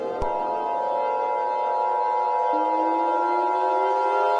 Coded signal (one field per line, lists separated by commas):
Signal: Emergency Alert System (SAME) tones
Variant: 853 and 960 Hz attention tone